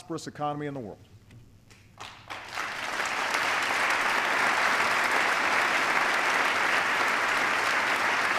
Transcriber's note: applause